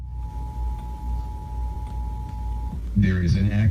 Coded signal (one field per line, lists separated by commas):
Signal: Emergency Alert System (SAME) tones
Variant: 853 and 960 Hz attention tone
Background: speech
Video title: Rare & Unsettling Emergency Alert System Broadcasts Explained